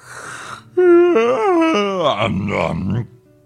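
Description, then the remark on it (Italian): A wolf's big, exaggerated yawn as it wakes up: a long voiced breath that starts high and strained, wobbles downward in pitch, and trails off into a low, rumbling groan before fading to quiet. “Di lì a poco, con un grosso sbadiglio, il lupo si risvegliò.”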